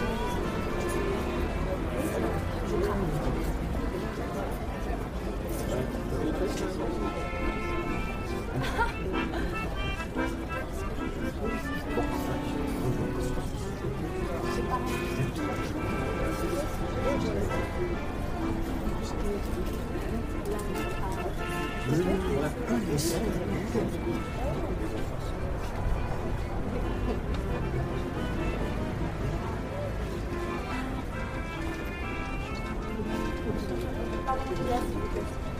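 Parisian cafe ambience: a steady, dense murmur of overlapping voices and chatter, with scattered clinks and light knocks throughout at an even level.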